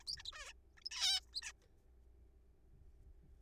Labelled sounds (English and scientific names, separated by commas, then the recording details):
Zebra Finch (Taeniopygia guttata)
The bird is a juvenile
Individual R3428